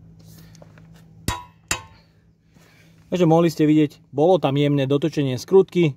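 A steel torque wrench set to 420 Nm is pulled slowly on a wheel bolt that was tightened with a Parkside PASSP 20 Li A1 impact wrench. The bolt turns slightly before the wrench clicks at its setting, with sharp metallic clicks at 1.3 s and 1.7 s, confirming the torque. Someone then talks.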